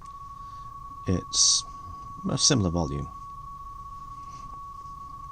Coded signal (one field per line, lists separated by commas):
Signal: PSK31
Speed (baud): 31.25 baud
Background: speech